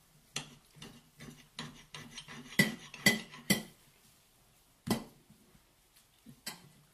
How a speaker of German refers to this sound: It was the Geräusch auf du isst so like ein Schwein. Haben. Wo man nur so Essensgeräusche, weiß man ja.